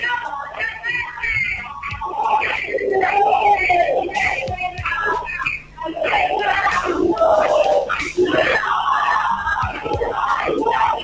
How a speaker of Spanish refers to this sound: Los gritos desde adentro de la sala, los cantos de festejo porque Ailén y Marina van a quedar libres